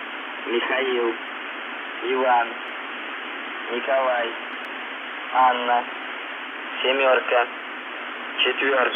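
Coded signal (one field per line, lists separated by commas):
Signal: numbers station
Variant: UVB-76 voice message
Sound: six short spoken words, evenly spaced, over steady shortwave hiss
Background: radio static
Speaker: šī dīvainā ziņa kas saturēja tikai cilvēku vārdus un ciparus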